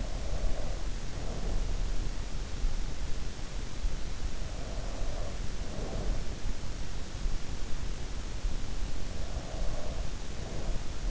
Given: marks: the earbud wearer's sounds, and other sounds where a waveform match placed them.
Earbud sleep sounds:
sounds in sleep by an in-ear microphone; breath
0.00-2.06 s: breath
4.32-6.37 s: breath
9.18-11.11 s: breath

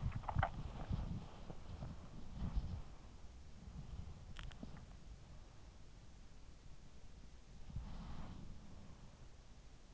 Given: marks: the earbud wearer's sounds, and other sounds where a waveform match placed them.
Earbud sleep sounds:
sounds in sleep by an in-ear microphone; body movement
0.00-4.95 s: body movement
2.95-4.52 s: sound from someone else or the room
7.55-9.14 s: body movement
7.55-9.14 s: sound from someone else or the room

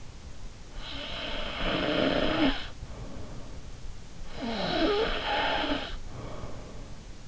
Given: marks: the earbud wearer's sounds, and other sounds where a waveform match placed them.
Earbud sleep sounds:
sounds in sleep by an in-ear microphone; snoring breath
0.77-3.69 s: snoring breath
4.34-6.94 s: snoring breath

